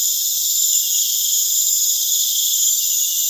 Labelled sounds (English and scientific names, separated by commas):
none